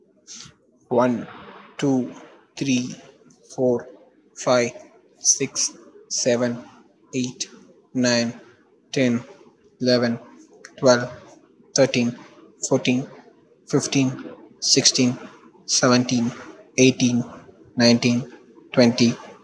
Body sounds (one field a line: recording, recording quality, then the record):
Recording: counting at a normal pace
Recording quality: excellent, no background noise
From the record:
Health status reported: healthy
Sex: male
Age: 22 years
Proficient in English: yes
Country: India